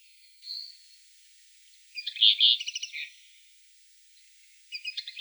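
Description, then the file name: Common linnet song: brief high twittering phrases separated by pauses, a short whistle first, then a burst of rapid chattering notes, another starting at the end. "konoplyanka obyknovennaya golos"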